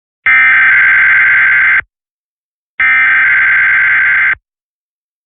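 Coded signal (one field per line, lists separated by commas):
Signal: Emergency Alert System (SAME) tones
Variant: header bursts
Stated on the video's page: Weekly Thursday EAS tests.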